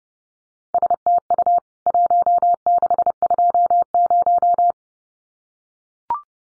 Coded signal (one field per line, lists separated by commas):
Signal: Morse code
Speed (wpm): 30 wpm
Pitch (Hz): 700 Hz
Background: none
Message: STU 1620